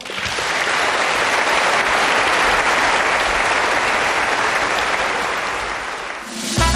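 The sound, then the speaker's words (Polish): An audience applauds steadily to bid farewell to listeners of Polish Radio Program Three (Trójka) and Polish Radio Chopin at the end of a broadcast of arrangements by Stefan Rachoń, a dense wash of clapping hands that holds at full strength for several seconds before thinning out at the end. No one speaks over it. “Bardzo dziękujemy słuchaczom programu Trzeciego Polskiego Radia i Polskiego Radia Chopin, których żegnamy oklaskami.”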